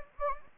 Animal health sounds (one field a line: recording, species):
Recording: mosquito wingbeat signal from an infrared sensor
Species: Anopheles gambiae